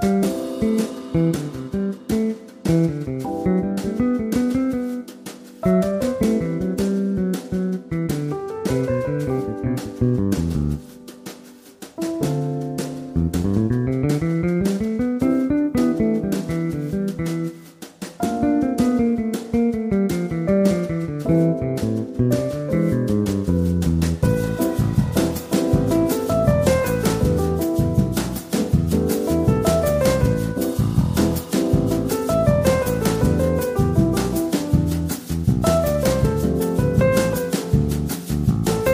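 Upbeat Latin music plays in a cafe, with a lively melody gliding up and down over steady, quick percussion. Brief dips near 5, 11 and 18 seconds break the flow, and after about 24 seconds the beat grows denser and fuller, driving on brightly to the end.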